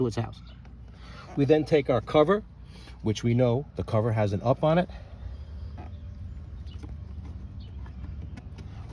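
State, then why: Seated. A plastic cabin air filter cover on a 2008–2020 Honda Fit is pressed into the HVAC filter housing behind the glove box while someone talks, followed by quiet handling sounds. A sharp snap at 8.9 s marks its two squeeze pins locking, and the cover is seated.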